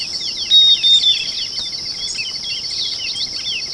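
Bird chirps, a rapid series of swooping notes with a brief high level whistle among them, over a steady cricket trill and a rhythmic pulsing insect.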